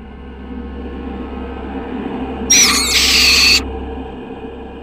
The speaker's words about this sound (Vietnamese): Từ đâu đó, bỗng có một con cú lợn từ đâu bay tới, rồi đậu ở giữa hai chúng tôi.